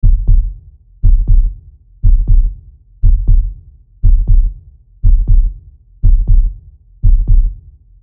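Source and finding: Heart. Heartbeat.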